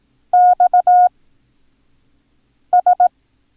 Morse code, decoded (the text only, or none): XS